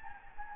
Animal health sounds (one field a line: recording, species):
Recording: mosquito wingbeat signal from an infrared sensor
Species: Anopheles gambiae